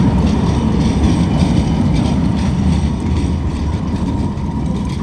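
A tram rolls along its rails with a loud, steady low rumble, a faint metallic clatter riding on top, holding for about five seconds without any voices.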